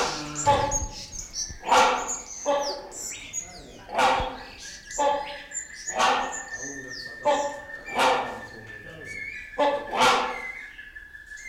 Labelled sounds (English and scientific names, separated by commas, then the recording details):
Great Hornbill (Buceros bicornis)
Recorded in captivity
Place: Zoo Berlin, Berlin, DE
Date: 1992-10-24 12:04
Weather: bedeckt, 4-6°C
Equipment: Marantz CP 430, Sennheiser ME 80, Kopie Tesla B 116
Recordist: Tembrock, Günter